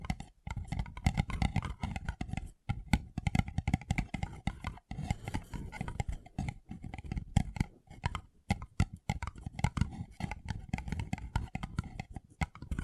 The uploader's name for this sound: Paper Cup Tingles